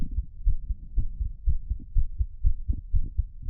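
Low, steady lub-dub heart sounds through a stethoscope, fast at about 120 beats a minute.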